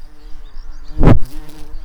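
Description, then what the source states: Tree bumblebee buzzing: a steady low hum with even overtones throughout, broken midway by one short, loud thump. Queen.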